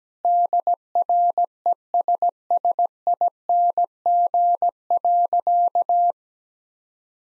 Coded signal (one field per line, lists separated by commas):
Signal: Morse code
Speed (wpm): 17 wpm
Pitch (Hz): 700 Hz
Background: none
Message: DRESSING.